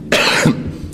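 Adult man coughs during a televised briefing; the cough sounded odd, but it is not a COVID-19 cough: he caught a cough from his daughter a couple of days ago and tested negative.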